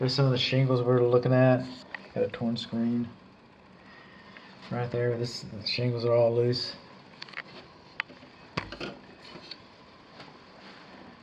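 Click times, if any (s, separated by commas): none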